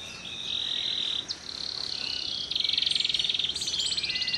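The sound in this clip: Bird song: a long steady high whistle-like note, a short sharp upstroke, another steady note, then a rapid buzzy trill to the end.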